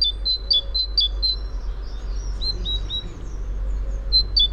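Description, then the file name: Great tit calls: short two-note phrases, high and slightly dropping, repeated rapidly in several bursts, with low steady background rumble. "Parus major"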